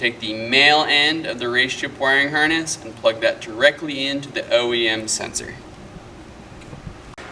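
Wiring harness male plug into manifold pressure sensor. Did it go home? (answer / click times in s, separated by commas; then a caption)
yes / 7.1 s. The male end of a RaceChip wiring harness is plugged directly into the factory (OEM) manifold pressure sensor on a Porsche Cayenne 3.0L V6 Turbo while someone talks. After the talking stops, a faint, sharp click is heard at 7.1 s as the connector seats, and the connection is confirmed secure.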